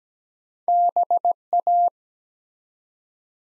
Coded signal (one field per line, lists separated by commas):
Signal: Morse code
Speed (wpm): 17 wpm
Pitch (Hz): 700 Hz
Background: none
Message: BA